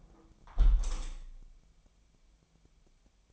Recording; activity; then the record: daily activity, microphone in the room; close window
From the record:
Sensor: 1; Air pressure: 1014.9 hPa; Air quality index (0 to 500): 41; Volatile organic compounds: 1 ppm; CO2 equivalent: 608 ppm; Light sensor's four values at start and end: 10/25/10/11 and 10/25/10/11